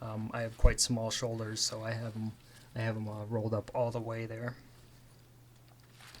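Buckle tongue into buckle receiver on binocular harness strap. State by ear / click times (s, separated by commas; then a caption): seated / 6.2 s. Someone talks for about four and a half seconds. Then, after a quiet stretch with a few faint sounds, the plastic side-release buckle tongue is pushed into its receiver on a shoulder strap of an Alaska Guide Creations Kodiak C.U.B Max binocular chest harness. It snaps firmly closed with a sharp click at 6.2 s.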